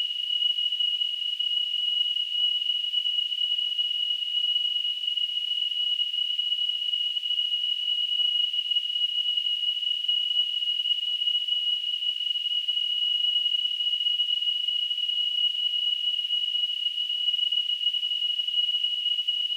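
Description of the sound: Simulated tinnitus: a steady, high-pitched tone near 3 kHz with a faint hiss around it, unchanging and continuous throughout.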